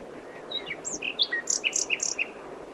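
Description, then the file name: Common nightingale song: a quick run of clear, varied whistled notes jumping between high and mid pitch over about two seconds, over background noise. "Luscinia megarhynchos"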